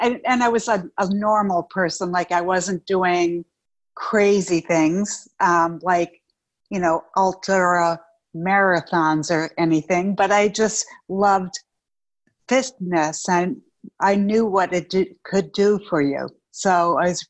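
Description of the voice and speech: A woman with aphasia and apraxia of speech after a stroke from a ruptured brain arteriovenous malformation, speaking slowly with choppy pauses, word repeats and stretched sounds.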